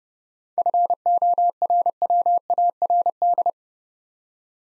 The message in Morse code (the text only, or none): FORWARD